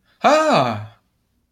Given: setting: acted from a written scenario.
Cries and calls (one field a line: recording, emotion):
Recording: vocal sound without words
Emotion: positive surprise